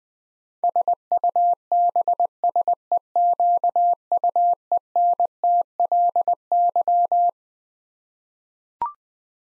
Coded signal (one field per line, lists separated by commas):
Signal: Morse code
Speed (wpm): 21 wpm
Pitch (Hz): 700 Hz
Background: none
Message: SUBSEQUENTLY